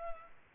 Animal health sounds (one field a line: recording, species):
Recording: mosquito wingbeat signal from an infrared sensor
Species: Culex pipiens